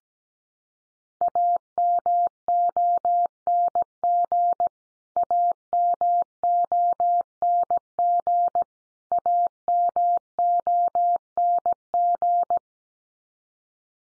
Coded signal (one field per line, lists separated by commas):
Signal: Morse code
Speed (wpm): 17 wpm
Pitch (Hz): 700 Hz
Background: none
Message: AMONG AMONG AMONG